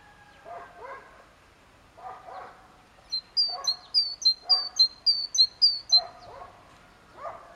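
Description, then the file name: Great tit song: a three-second burst of about six quick, bright two-note phrases repeated rapidly, over low, muffled pulsing sounds that come and go throughout. "Parus major"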